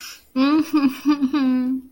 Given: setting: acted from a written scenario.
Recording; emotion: vocal sound without words; guilt